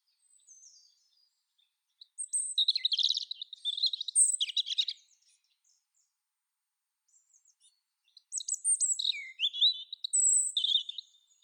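European robin song, two long rambling phrases of tinkling high notes, quick trills and downward slurs, separated by a few seconds of near silence.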